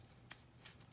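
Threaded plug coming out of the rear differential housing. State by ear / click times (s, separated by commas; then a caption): released / 0.3 s. Someone uses a 5 mm hex to unscrew the threaded drain/fill plug from the rear differential housing of a 2016 Mercedes-Benz GLA45 AMG, holding the plug in while backing it out until the last thread lets go. A sharp click at 0.3 s marks the plug coming completely unthreaded and released, followed by a softer tick at 0.7 s over a low steady hum.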